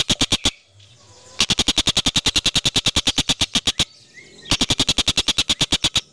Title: Suara Kolibri Ninja Pilihan MERDU, JELAS DAN LANTANG Cocok Dijadikan Masteran Burung Anda